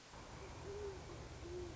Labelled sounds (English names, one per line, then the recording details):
Great Horned Owl
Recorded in Sonoma County, California